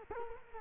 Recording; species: mosquito wingbeat signal from an infrared sensor; Culex quinquefasciatus